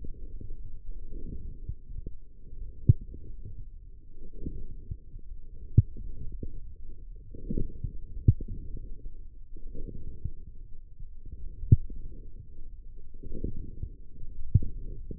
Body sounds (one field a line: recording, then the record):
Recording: forearm muscle sounds (acoustic myography)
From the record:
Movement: forearm pronation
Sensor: system 1, eight BSWA MPA416 microphones around the upper forearm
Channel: 3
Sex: male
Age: 20 years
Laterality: left